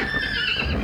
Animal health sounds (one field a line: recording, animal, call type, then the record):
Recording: contact call of a hoofed animal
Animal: Przewalski's horse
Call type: whinny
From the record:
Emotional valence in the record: negative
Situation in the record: group separation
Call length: 0.84 s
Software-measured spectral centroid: 2490 Hz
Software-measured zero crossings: 3790 a second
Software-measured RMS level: -24 dBFS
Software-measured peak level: -11 dBFS